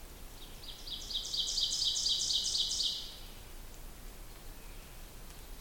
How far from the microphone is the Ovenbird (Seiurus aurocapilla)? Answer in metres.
about 30 m